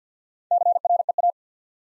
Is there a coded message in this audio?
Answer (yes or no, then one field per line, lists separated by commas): yes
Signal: Morse code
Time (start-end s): 0.5-1.3 s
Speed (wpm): 49 wpm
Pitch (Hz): 700 Hz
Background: none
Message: CREA